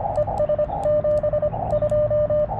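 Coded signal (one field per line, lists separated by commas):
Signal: Morse code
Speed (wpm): 24 wpm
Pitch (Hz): 590 Hz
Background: radio noise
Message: ES 72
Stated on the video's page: Morse from a Parks on the Air activation using a KX2, on a band other than 40m, with slow activity.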